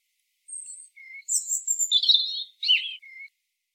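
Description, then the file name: European robin singing a short phrase of high thin whistles and a tumbling warble that dips lower at the end. "Erithacus rubecula"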